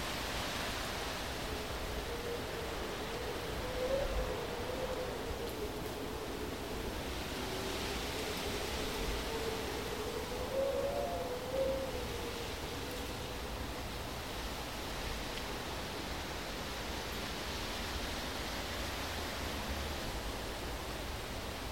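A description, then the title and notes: Steady wind rushes over rocks in a dense, even hiss, with a faint wavering whistle rising briefly near four and eleven seconds. Wind down and watch the sunset at Mount Ngungun on Gubbi Gubbi Country, Queensland, Australia. Listen to the wind glide over the rocks of Mount Ngungun during golden hour.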